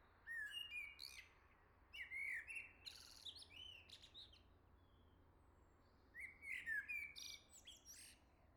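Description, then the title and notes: Common blackbird song in two bursts: clear whistled notes sliding up and down, followed by thin, squeaky high flourishes, with a gap of a few seconds between phrases. "Le Merle salue l'été, 3 Gd Rue de Chassagne, 17220 La Jarrie, France. Quel Sol!!!! pour saluer l'arrivée de l'été ce matin! Merci Jolie Merle de tes vocalises à proximité!"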